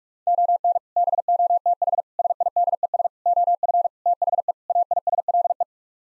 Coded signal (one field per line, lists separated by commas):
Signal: Morse code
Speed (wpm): 46 wpm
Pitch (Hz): 700 Hz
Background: none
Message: ON BOTH SIDES OF THE AISLE